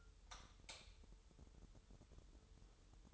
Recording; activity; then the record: daily activity, microphone in the room; light off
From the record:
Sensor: 3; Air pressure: 988.3 hPa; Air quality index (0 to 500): 189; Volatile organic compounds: 251 ppm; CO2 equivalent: 4364 ppm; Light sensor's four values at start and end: 11/29/12/11 and 8/19/8/8